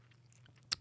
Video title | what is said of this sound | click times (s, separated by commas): Porsche Front/Rear BRAKE PAD Replacement - MADE EASY! - PORSCHE Boxster 718/Cayman (982) 2017-2024 | And pretty much all you're going to do is stick a screwdriver in there and wait for the click. And then once you hear that click, | 0.6 s